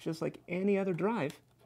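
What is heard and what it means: A forensic disk controller's USB cable is handled at a rugged Panasonic Toughbook laptop's port while someone talks. Only speech is heard, and nothing has seated or clicked yet.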